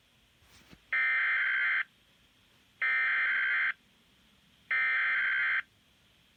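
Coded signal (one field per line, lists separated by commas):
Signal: Emergency Alert System (SAME) tones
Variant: header bursts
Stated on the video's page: Environment Canada snowfall warning alert.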